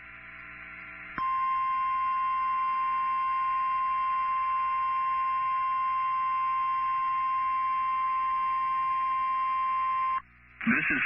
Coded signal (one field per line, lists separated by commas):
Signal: Emergency Alert System (SAME) tones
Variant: 1050 Hz attention tone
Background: speech